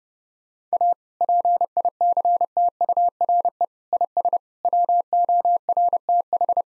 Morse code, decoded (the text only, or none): A PICTURE IS WORTH